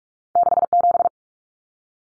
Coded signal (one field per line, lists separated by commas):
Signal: Morse code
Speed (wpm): 44 wpm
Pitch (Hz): 700 Hz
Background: none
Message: 67